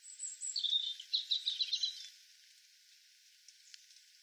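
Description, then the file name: European robin song: a high whistle leading into a fast twittering trill that fades after two seconds, then near silence. "Erithacus rubecula"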